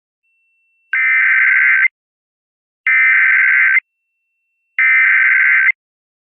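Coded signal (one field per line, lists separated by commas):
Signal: Emergency Alert System (SAME) tones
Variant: header bursts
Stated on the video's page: Fictional EAS scenario.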